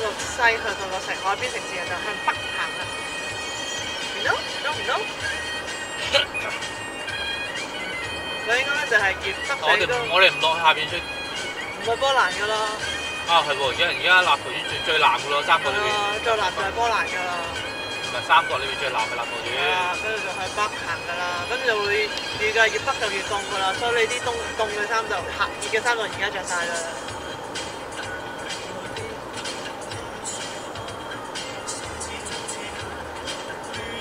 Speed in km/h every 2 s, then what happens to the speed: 93, 94, 94, 94, 94, 94, 94, 93, 93, 93, 93, 93, 93, 93, 93, 93, 93.
0-34 steady at about 93.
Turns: none.